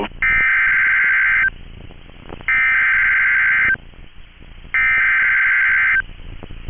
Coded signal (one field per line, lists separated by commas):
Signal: Emergency Alert System (SAME) tones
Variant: header bursts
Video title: EAS Timeline: Destructive Storms Pound the Twin Cities and Minnesota State Fair | NOAA Weather Radio